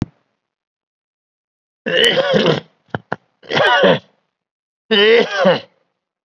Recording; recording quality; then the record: heavy voluntary cough; excellent, no background noise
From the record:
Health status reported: COVID-19 positive, mild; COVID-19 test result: positive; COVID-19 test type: RT-PCR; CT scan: not taken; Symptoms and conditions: cough, muscle pain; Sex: male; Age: 52 years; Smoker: no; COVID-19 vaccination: none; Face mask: worn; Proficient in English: no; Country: India